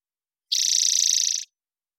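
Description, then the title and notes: Spotted towhee singing one harsh, buzzing trill of fast, even pulses for roughly a second, with nothing else heard. Recorded in the Pacific Northwest, Washington, United States; parabolic recording, clean-processed for clarity with natural pace and rhythm kept. "Spotted Towhee Song. Spotted Towhee, Pipilo maculatus. Recorded in the beautiful Pacific Northwest, Washington, United States"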